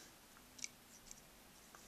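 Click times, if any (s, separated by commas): 0.6 s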